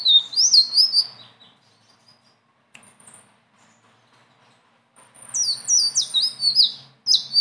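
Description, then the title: Leafbird song: a short whistled phrase, a long quiet gap, then a fast burst of high chattering, downslurred notes. Continuous rolling song (gacor, ngeroll) filled with varied phrases (isian); tutor song (masteran) for training other birds. "BURUNG SELENDANG BIRU GACOR NGEROLL ISIAN"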